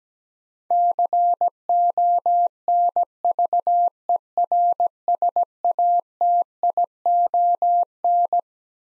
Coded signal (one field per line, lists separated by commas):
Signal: Morse code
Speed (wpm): 17 wpm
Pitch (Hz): 700 Hz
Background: none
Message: CONVERSATION